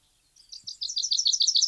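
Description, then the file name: Common chaffinch song: high, sharp notes that start soft and grow into a loud, steady series, cut off abruptly. "Fringilla coelebs"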